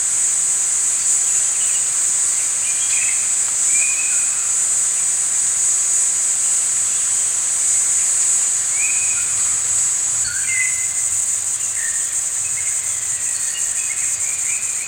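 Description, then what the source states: Birds singing: brief whistled notes and short chirps spaced irregularly, beneath a loud continuous high insect drone. Morning birdsong in a forest.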